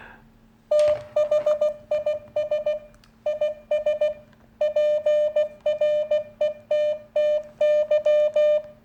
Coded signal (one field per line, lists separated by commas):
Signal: Morse code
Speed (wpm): 16 wpm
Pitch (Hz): 600 Hz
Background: none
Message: THIS IS PRETTY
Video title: CW - Morse Code Project! Test Went Ok Whoohoo!!